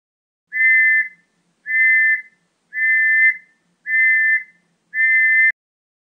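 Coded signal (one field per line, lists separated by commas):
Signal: whistle signal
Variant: scout whistle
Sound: five steady, shrill whistle blasts of equal length with short evenly spaced gaps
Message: 5 long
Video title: Whistle signals | signaling for scouts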